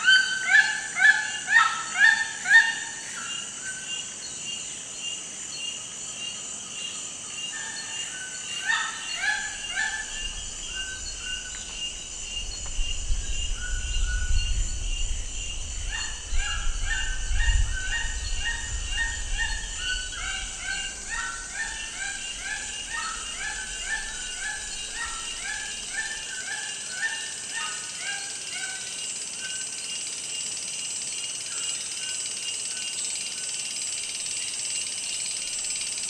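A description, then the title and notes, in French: A walk through a forest, with a steady high hiss running throughout and birds chirping and calling often in the midrange. Sharp, evenly spaced sounds crowd the first few seconds, and a low rumble swells in from about 9 to 26 seconds. Avancée en forêt. Tauary, petit village au coeur de la forêt amazonienne.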